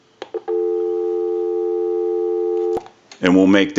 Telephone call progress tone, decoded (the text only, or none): dial tone